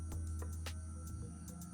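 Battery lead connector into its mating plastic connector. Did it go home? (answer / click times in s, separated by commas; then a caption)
no / none. A plastic wire connector on an RC battery/spot-welding lead, red wire on the right and black on the left, is handled as it is pushed toward its mating plastic connector. A steady low hum runs under several soft bursts of broadband noise, with a sharper burst near the end. Nothing has seated or clicked yet.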